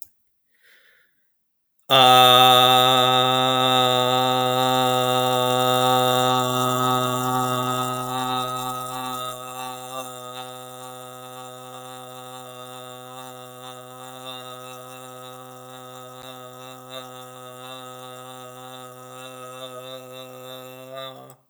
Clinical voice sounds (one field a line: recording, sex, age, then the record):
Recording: vowel held as long as possible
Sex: male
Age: 40 to 49 years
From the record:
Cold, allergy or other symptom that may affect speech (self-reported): no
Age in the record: 42 years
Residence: Ohio, United States